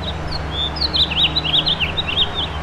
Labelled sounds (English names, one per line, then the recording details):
House Finch song
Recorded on Long Island, New York, on 7 June 2011
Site MV
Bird A